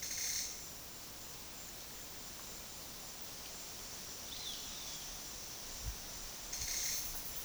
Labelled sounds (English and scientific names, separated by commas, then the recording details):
Roadside Hawk (Rupornis magnirostris)
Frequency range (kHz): Roadside Hawk (Rupornis magnirostris) 2.5-4.5 kHz
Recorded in secondary vegetation near Puerto Asís, Putumayo, Colombia, on 20 February 2024 at 10:30
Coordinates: 0.468, -76.324
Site G6381